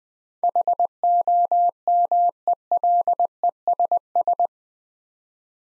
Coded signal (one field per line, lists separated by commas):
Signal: Morse code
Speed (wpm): 20 wpm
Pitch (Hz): 700 Hz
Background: none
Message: HOMELESS